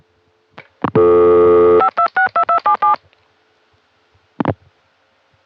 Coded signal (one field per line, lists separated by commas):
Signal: DTMF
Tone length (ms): 90 ms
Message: 5262277